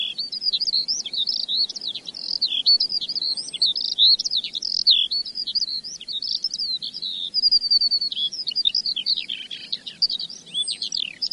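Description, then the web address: Eurasian skylark song: a continuous, fast flow of high warbled and trilled notes, rising and falling without pause, with a faint low rumble underneath. "earth naturelibrary assets s sk skylark"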